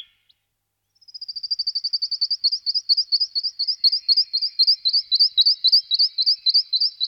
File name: Brhlik skalni Sitta neumayer